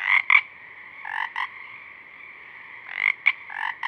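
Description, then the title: Pacific chorus frogs trading loud raspy double croaks in clusters, with a pause between bursts and a steady frog chorus behind. A few Pacific chorus frogs singing at dusk, recorded through a parabolic reflector. "Pacific Chorus Frogs (Pseudacris regilla), dusk, Parabolic"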